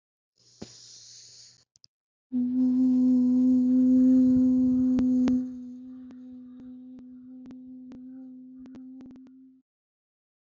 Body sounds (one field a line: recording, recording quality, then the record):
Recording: sustained vowel as in boot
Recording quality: excellent, no background noise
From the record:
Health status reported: healthy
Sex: female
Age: 24 years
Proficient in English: yes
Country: India